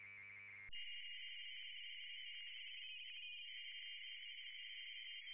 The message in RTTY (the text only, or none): CQ DJ9DZ DJ9DZ TEST